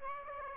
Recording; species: mosquito wingbeat signal from an infrared sensor; Aedes aegypti